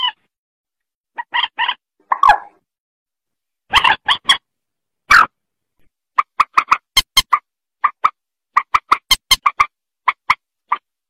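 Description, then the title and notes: Rail calls: a few drawn-out nasal squawks, then a quick regular series of short clicking clucks. "Kicau Burung Mandar"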